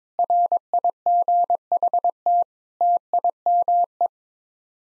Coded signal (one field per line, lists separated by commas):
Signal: Morse code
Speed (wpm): 22 wpm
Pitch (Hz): 700 Hz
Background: none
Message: RIGHT TIME